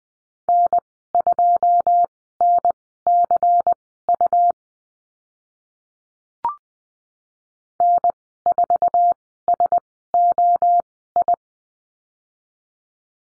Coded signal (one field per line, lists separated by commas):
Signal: Morse code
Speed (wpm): 20 wpm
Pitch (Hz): 700 Hz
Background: none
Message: N2NCU N4SOI